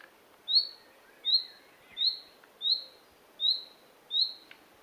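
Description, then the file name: Common nightingale calling, six clear rising whistled notes evenly spaced under a second apart, against a quiet background. "Luscinia megarhynchos"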